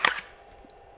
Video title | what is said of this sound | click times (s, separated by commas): Concealed carry holsters for Glock pistols | you hear that click | 0.1 s